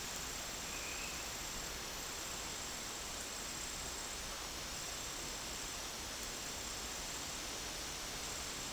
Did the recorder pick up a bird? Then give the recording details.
no. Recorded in dense forest near Puerto Asís, Putumayo, Colombia, on 21 March 2025 at 12:30. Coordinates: 0.499, -76.324. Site GP03